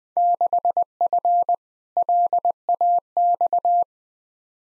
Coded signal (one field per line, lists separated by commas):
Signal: Morse code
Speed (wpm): 20 wpm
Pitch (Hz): 700 Hz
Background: none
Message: 6F LAX